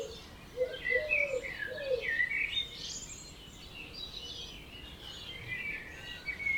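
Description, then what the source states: Birds in a dawn chorus: several overlapping high twittering songs, with short low hooting notes repeated in a loose series underneath. Dawn chorus at 4 am in Oberhofen, Inntal, Austria; binaural recording made for headphones.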